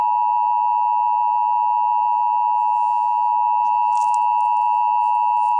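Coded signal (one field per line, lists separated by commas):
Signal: Emergency Alert System (SAME) tones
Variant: 853 and 960 Hz attention tone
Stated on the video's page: Fictional EAS scenario, a homemade recreation.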